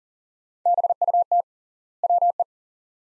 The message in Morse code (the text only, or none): BUT WE